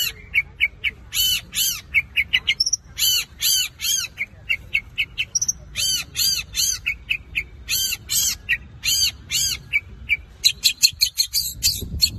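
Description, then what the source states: Long-tailed shrike song: clear, high chirps repeated rapidly in groups, alternating with arched, ringing notes and a few buzzy elements. Song style called kombinasi (combination).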